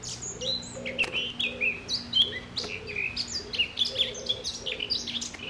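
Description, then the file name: Eurasian blackcap song: dense, fluty warbling with quick up-and-down whistles, over soft lower pulsed notes and a steady hum. "Sylvia atricapilla"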